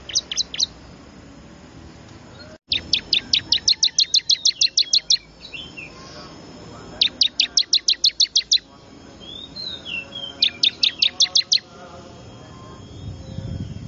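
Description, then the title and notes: Bar-winged prinia calls: long, rapid runs of many sharp high chirps in several bursts, with softer bird twitters in the gaps. Lure call played to attract wild birds, described as most effective; local name ciblek; small noisy birds. "Suara Pikat Burcil Ribut Paling Ampuh Ngabisin Burung Liar Ini. ciblek"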